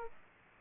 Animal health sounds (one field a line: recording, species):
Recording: mosquito wingbeat signal from an infrared sensor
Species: Aedes aegypti